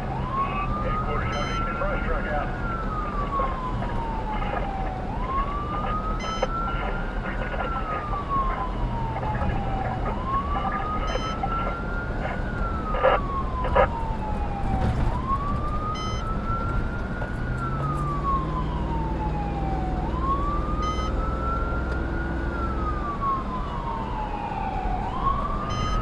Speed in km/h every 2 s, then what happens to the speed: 92, 92, 90, 87, 85, 84, 72, 69, 68, 74, 82, 85, 81.
0-15 slows to 68. 15-23 speeds up to 85.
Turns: none.